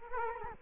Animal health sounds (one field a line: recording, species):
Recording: mosquito wingbeat signal from an infrared sensor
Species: Culex quinquefasciatus